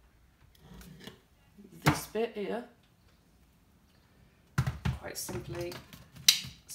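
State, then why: Seated. The extension tube of a MUZILI rechargeable cordless multi vacuum cleaner is slotted into the main handheld body while someone talks, with soft handling noises around 4.6–4.9 s. The plastic joint locks with a sharp little click at 6.3 s, and the tube is seated.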